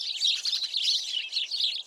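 Sparrow chirping in a dense, high, twittering chatter of rapid notes.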